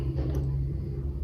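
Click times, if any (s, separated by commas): none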